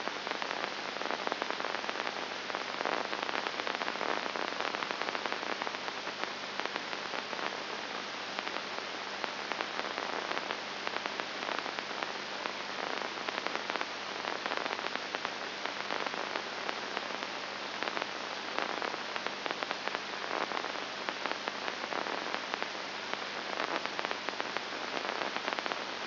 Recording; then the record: brain microelectrode recording played as sound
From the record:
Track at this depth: inside the subthalamic nucleus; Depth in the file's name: 0.906 mm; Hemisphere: left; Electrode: 2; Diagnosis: Parkinson's disease